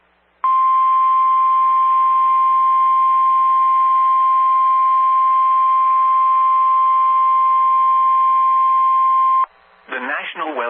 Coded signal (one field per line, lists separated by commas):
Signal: Emergency Alert System (SAME) tones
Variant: 1050 Hz attention tone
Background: speech